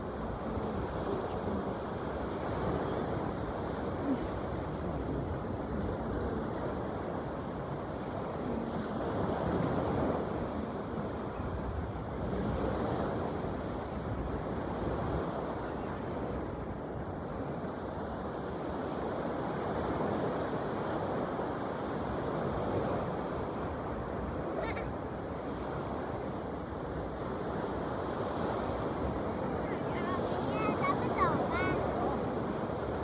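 Ocean waves wash in a steady, dense roar, with swells rising and falling every few seconds, strongest around ten and twenty seconds. The sound sits low and full, with wind rushing faintly over it and a few light splashes near the end.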